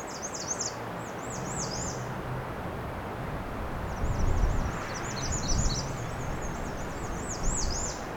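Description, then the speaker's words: American redstart singing high, looping sweet phrases in bursts, with a constant low roar beneath. Soundscape of several American redstarts recorded along the shoreline of Lake Huron. "After the credits, you'll be hearing a soundscape of some American redstarts that I recorded along the shoreline of Lake Huron."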